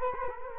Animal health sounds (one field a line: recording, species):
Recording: mosquito wingbeat signal from an infrared sensor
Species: Culex quinquefasciatus